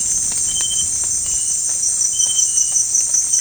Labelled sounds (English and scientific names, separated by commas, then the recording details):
none
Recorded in dense forest near Puerto Asís, Putumayo, Colombia, on 27 June 2025 at 18:00
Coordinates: 0.481, -76.323
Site G072